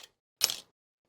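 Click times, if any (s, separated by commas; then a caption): 0.4 s. A plastic retaining clip on a metal drive sled (caddy) is worked until it releases with a sharp snap at 0.4 s. The snap is followed by a brief rattling tail. A faint tick comes near the start.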